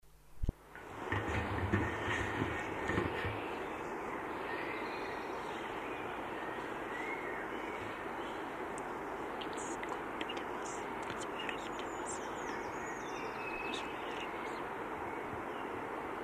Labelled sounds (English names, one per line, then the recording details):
Eurasian Treecreeper song
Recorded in the wild
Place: Oberstdorf, Bayern, DE
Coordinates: 47.38, 10.2969
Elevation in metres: 881
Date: 1976-04-03
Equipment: Nagra IV, Sennheiser MKH 405, Parabolreflektor
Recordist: Tretzel, Erwin